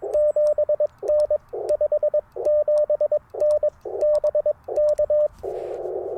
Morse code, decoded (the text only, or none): 7N 57N BK